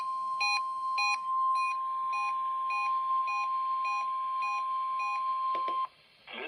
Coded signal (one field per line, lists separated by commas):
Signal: Emergency Alert System (SAME) tones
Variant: 1050 Hz attention tone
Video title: WXL60 and KJY86 Required Weekly Test || EAS 119-120